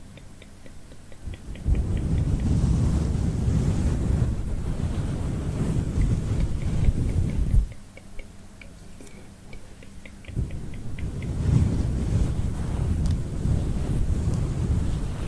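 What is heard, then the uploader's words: A head massage heard as muffled rubbing, dense and low, in two long stretches with a quieter pause around the eight to ten second mark. During the softer moments, short rows of light, evenly spaced ticks appear. Girl brushes your hair ASMR personal attention, invisible scratching, head massage.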